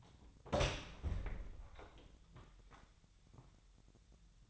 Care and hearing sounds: daily activity, microphone in the room; open door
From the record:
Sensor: 3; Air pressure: 1007.2 hPa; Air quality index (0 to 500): 202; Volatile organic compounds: 17 ppm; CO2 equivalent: 2592 ppm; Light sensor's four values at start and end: 12/28/12/12 and 12/29/12/12

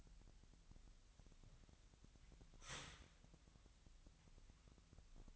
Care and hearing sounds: daily activity, microphone in the room; start toaster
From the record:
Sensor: 3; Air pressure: 1001.9 hPa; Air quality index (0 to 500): 245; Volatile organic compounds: 49 ppm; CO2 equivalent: 3278 ppm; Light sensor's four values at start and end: 13/40/17/15 and 13/40/17/15

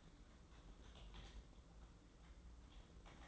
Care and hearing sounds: daily activity, microphone in the room; typing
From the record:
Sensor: 3

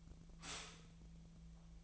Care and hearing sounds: daily activity, microphone in the room; stop toaster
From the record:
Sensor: 1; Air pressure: 1009.2 hPa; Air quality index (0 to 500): 196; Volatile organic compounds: 20 ppm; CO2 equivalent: 2681 ppm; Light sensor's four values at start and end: 27/70/29/34 and 27/70/29/34

